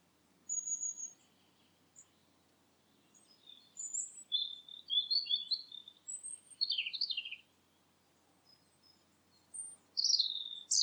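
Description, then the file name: Bird giving scattered high chirps and short twitters over a faint background hiss, with gaps between bursts. "filtered sound bird"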